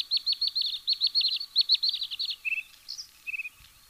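Bluethroat song with a rapid string of repeated metallic ticking notes, then two lower buzzy trills with a squeaky higher note between them.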